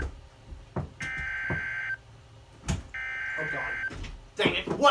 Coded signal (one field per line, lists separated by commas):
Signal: Emergency Alert System (SAME) tones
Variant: header bursts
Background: speech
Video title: EAS 36 SVR